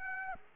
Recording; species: mosquito wingbeat signal from an infrared sensor; Aedes aegypti